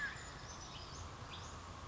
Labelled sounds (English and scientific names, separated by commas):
Western Flycatcher (Empidonax difficilis)